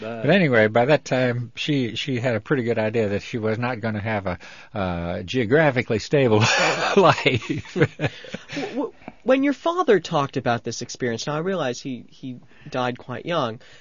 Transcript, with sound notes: But anyway, by that time she, she had a pretty good idea that she was not going to have a, a geographically stable life. (he laughs)
Well, when your father talked about this experience, now, I realize he, he died quite young.